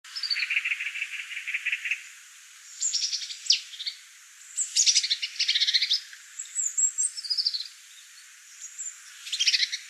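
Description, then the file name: Marsh tit giving a rapidly repeated series of notes, followed by scattered high, thin calls and further short bursts of notes. "Poecile palustris"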